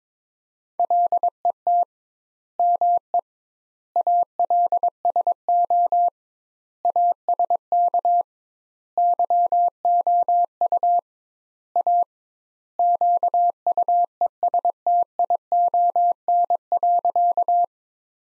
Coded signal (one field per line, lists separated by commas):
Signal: Morse code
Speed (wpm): 22 wpm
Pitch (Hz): 700 Hz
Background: none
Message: LET ME ALSO ASK YOU A QUESTION.